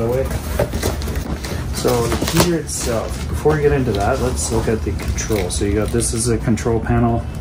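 Someone talks while handling the plastic control panel of a diesel air heater next to its plastic wall mounting bracket, with a few light handling taps under the speech. The panel has not snapped onto the mount yet; nothing has seated or clicked.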